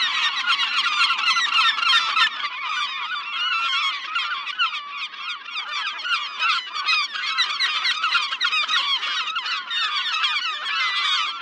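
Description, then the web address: Gulls in a loud chorus, rapid overlapping squawks and laughing cries pouring out without a break, slightly fuller at the start. "seagulls"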